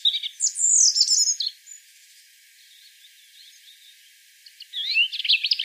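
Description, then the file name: European robin song: a bright, high, sliding warbled phrase, a quiet pause with faint notes, then another varied twittering phrase. "Erithacus rubecula"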